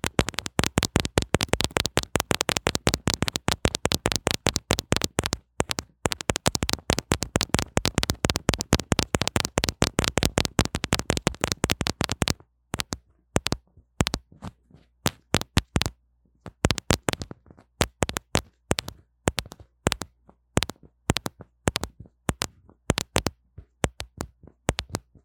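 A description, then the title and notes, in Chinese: Handling noise from a wired microphone: rapid, dense tapping and rubbing for about twelve seconds, then sparser, irregular knocks and clicks. ASMR 各種玩弄線麥-蛋蛋的哀傷 | Lo-fi Earphone Mic | Lo-fi | No Talking。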